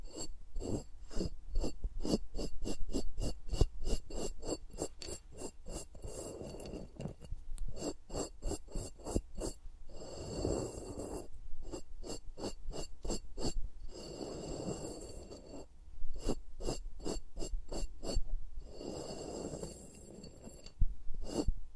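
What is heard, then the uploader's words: Fingers rub and tap around microphones in a wordless ASMR session, making rapid, regular crisp clicks and scratches that run nearly the whole time. Softer breathy swells rise underneath around 6, 10, 14 and 19 seconds, and the tapping briefly thins near 21 seconds. ASMR with Mics Around My Fingers (No Talking).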